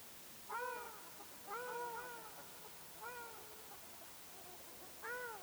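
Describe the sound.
Ruddy shelduck giving four bursts of nasal, arched honks, separated by quiet gaps of just under one to nearly two seconds.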